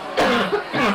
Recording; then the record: coughing mixed with background sound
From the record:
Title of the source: Barking cough - # 10